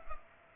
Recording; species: mosquito wingbeat signal from an infrared sensor; Culex pipiens